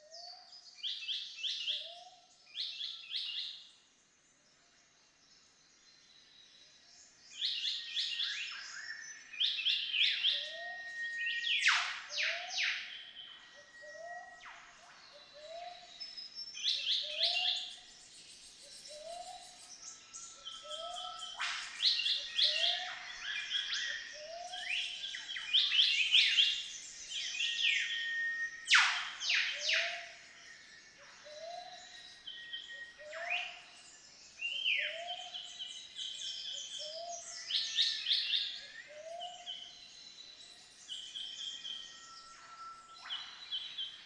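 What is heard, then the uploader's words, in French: A dawn chorus in Lamington National Park, Queensland, with whistlers, whipbirds and other birds. A soft low note repeats steadily about every second and a half throughout, under dense, bright chirping and trills. Sharp whip-like cracks ring out around 12, 21 and 29 seconds. Lamington national park - Australie. Un nouveau lever du jour en Australie dans le Queensland. Au rythme du siffleur à gorge noire, du psophode et d'autres oiseaux mystérieux.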